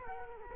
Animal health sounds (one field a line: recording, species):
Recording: mosquito wingbeat signal from an infrared sensor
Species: Culex quinquefasciatus